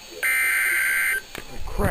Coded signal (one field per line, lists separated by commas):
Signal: Emergency Alert System (SAME) tones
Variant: header bursts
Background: speech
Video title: NOAA - Real EAS #214 - 216